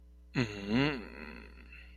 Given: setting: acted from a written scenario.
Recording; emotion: vocal sound without words; desire